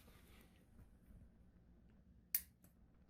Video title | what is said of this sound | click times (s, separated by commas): Revtech 100 Cubic Inch. HARD START? How To Get An Instant Easy Start! | to activate the compression releases just press them until you hear the click | 2.3 s